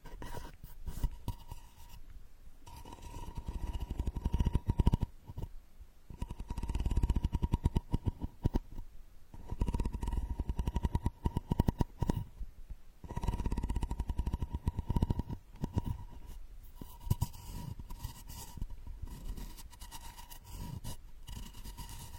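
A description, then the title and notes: Straws dig and scrape at the ear in dense bursts of crackling, rustling friction with a low, muffled thump underneath. The scratching comes in clusters separated by short pauses, roughly every few seconds, while a faint steady whine runs throughout. Unique straw therapy ear digging experience.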